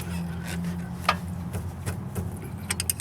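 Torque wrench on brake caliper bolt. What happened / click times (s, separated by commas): Torque wrench has not yet clicked off / none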